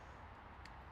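After the battery is replaced in an Infiniti G37 key fob (2008–2013 G35 and G37), the two plastic halves of the fob case are pressed together over a steady low background hum. One side snaps down with a short, sharp click at 0.7 s, and the other side still has to be clamped, so the case is only partly closed.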